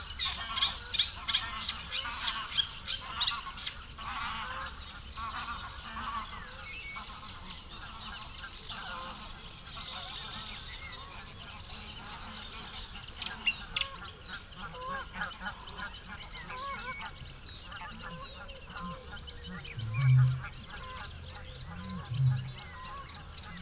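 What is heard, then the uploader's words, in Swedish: Greylag geese cackle wildly throughout, with dense bird chatter overhead and two deep, loud calls or grunts near twenty and twenty-two seconds. Dalbyvikens ljudlandskap i maj. Sävsångare och sävsparv sjunger envist, några skäggmesar flyger förbi, en vattenrall grymtar missnöjt när några grågäss flyger över under vilt kacklande. Ljuden är inspelade med Telingas SSM-mikrofon och en Olympus LS-14 samt PRO-8 MK2 parabolmikrofon och en Zoom H4.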